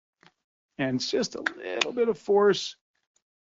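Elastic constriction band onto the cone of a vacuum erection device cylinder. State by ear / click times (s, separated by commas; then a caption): not seated / none. An elastic constriction band is being pushed with a little force onto the plastic cone of a vacuum erection device cylinder while someone talks, with faint brief ticks near 0.3 and 3.2 seconds. The band has not yet snapped on or seated in its groove; nothing has clicked yet.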